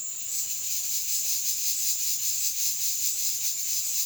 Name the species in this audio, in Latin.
none